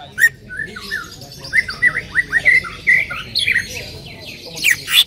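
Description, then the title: Bird song: a lively run of short whistled and slurred notes, some rising and some falling, delivered in quick succession with a few sharp higher chirps near the end. "Kicau Burung"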